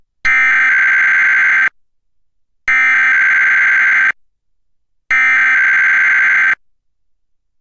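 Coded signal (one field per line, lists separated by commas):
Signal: Emergency Alert System (SAME) tones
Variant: header bursts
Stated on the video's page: Required Weekly Test relayed by a Portland public radio digital TV subchannel, recorded from a GPX digital tuner and recorder onto USB drive.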